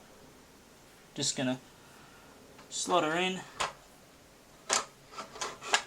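A 3.5-inch hard drive is being slid down into a bay of a Vantec NexStar USB 3.0 dual-bay dock, toward the dock's SATA connector, while someone talks. Near the end, a few short, sharp handling knocks and scrapes are heard around 4.7, 5.4 and 5.7 seconds. The drive has not seated or clicked into the connector yet.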